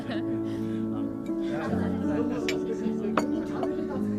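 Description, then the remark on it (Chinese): Glasses clink together in a toast at a dinner gathering, two or three bright, sharp taps ringing out over a steady background of murmuring voices and a low, sustained hum. “哎，各位，各位，我提议啦，咱们先为马总大难不死干杯啊！ 来，干杯！”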